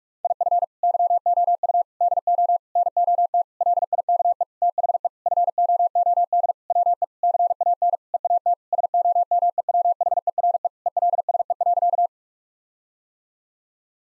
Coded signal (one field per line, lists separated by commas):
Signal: Morse code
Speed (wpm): 46 wpm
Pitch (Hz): 700 Hz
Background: none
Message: IF YOU DO NOT LIKE THE FOOD WE CAN EAT SOMEWHERE ELSE.